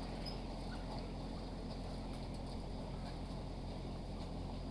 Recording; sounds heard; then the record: poultry house recording; healthy chickens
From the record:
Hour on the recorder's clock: 18